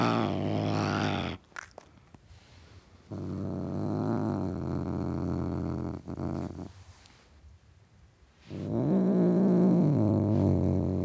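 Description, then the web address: Domestic cat growling in long, low, throaty rumbles, three sustained bouts separated by quiet gaps. Tom cat (male), growling. "BBC Sound Effects Library. Tom Cat Growling"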